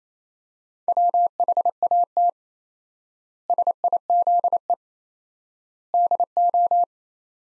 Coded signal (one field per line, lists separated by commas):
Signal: Morse code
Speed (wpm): 28 wpm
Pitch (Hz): 700 Hz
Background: none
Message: WHAT SIZE DO